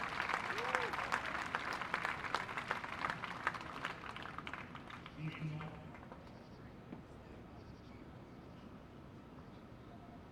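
Crickets chirp and people chat quietly at a night tennis match, with sharp clicks and taps scattered through the first half. The sound is busy and fairly loud for about five seconds, then thins out and stays soft, leaving a low steady hum.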